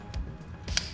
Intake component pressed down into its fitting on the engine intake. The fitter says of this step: down hear a little click and you're good to go